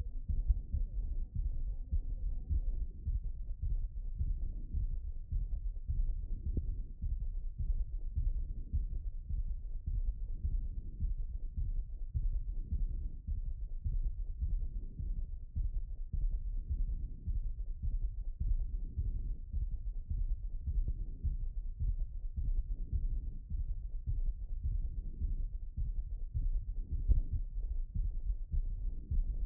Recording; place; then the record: heart sounds by stethoscope; pulmonary valve (PV)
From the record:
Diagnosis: HFrEF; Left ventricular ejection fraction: 31%